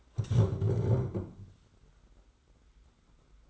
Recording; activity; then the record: daily activity, microphone in the room; stand up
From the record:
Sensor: 3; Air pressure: 991.6 hPa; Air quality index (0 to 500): 174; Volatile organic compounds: 1000 ppm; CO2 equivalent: 5777 ppm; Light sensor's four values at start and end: 35/100/41/35 and 36/100/41/35